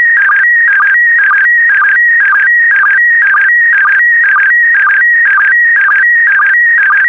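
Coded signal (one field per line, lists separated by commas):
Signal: SSTV (slow-scan television)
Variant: PD120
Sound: warbling tone hopping between pitches, short low blips about twice a second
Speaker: The next image transmission will start in 10 seconds.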